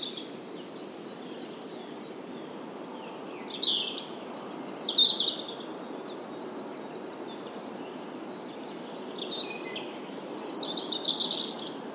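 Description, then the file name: European robin song: two brief, high, scratchy warbled phrases several seconds apart, set against a fairly strong steady background hiss. "Erithacus rubecula"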